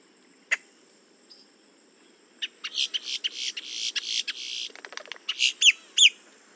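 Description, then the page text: Boat-tailed grackle song: one sharp note, then a rapid series of harsh rattling, buzzy bursts ending in two loud rising whistled sweeps. "Paul Marvin - Лодкохвостый гракл (Quiscalus major)"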